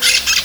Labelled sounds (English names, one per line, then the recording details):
Brown-throated Parakeet contact call
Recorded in Venezuela
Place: Guárico; Corozopando; Fundo La Fe
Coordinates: 8.506, -67.593